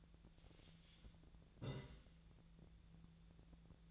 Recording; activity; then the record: daily activity, microphone in the room; take from stove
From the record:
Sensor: 3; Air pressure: 1009.9 hPa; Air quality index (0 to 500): 189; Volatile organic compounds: 14 ppm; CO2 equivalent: 2463 ppm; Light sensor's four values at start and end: 41/102/44/47 and 41/102/44/47